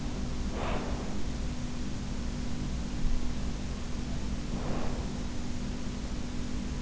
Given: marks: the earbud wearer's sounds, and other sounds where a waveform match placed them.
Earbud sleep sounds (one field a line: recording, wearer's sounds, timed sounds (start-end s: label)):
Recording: sounds in sleep by an in-ear microphone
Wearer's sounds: breath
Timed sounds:
0.00-2.13 s: breath
3.71-5.67 s: breath